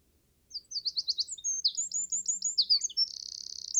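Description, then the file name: Eurasian wren pouring out a fast, high-pitched song of clipped notes that ends in a rapid trill. "Troglodytes troglodytes"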